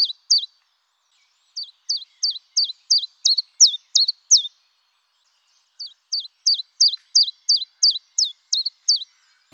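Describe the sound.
Common Chiffchaff song: sharp, high two-toned notes repeated about three per second, a brief opening pair and then two long bursts separated by a short pause.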